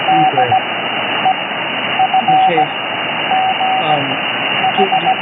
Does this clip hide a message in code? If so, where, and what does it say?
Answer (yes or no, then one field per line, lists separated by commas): yes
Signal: Morse code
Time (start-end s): 0.1-5.1 s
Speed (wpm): 17 wpm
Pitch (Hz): 760 Hz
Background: speech, radio noise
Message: D E F G H